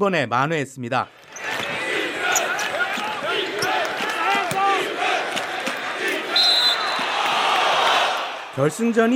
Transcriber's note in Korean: 녹취: 농구경기 현장음